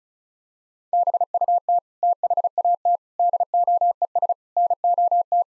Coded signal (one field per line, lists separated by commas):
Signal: Morse code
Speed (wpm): 34 wpm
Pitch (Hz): 700 Hz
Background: none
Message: BUT THAT DOES NOT